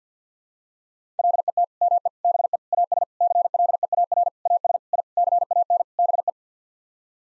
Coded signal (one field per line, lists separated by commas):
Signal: Morse code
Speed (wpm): 50 wpm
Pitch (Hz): 700 Hz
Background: none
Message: LET ME BE AS CLEAR AS I CAN BE